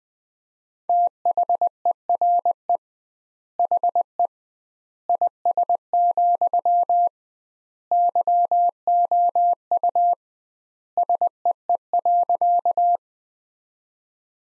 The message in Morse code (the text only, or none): THERE HE IS, YOU SEE.